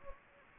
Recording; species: mosquito wingbeat signal from an infrared sensor; Anopheles gambiae